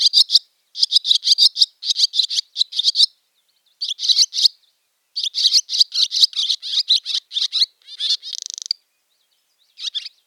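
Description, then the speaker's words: Barn Swallow giving fast, squeaky, twittering chatter in long bouts with short gaps, broken by a dry mechanical rattle near the end before one last note. Chatter described as a 'party in the barn'. "First, the barn swallow with the party in the barn chatter."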